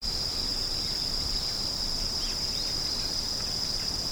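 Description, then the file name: Insect song, a loud steady high whine beginning abruptly and continuing unchanged, with soft faint chirps mixed in. "singing of insect"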